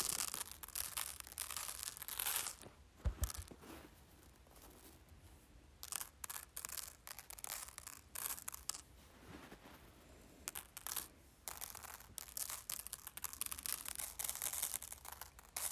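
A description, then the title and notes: Rice is poured and shaken in dense, gritty rustling bursts, with a low thump near three seconds and quieter sifting between surges. ASMR Playing with Rice.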